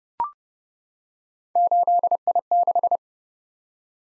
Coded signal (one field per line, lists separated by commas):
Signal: Morse code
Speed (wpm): 30 wpm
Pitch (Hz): 700 Hz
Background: none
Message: 8I6